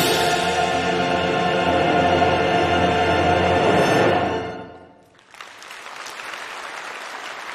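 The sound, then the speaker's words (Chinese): Sustained orchestral and choral music fades out. Then the audience breaks into dense, steady applause that fills the final seconds at moderate loudness. This is the large symphonic choral concert Dongfanghong at Zhongshan Concert Hall on the evening of April 10, 2021. “当熟悉的《东方红》序曲响起时，现场爆发出了热烈的掌声。”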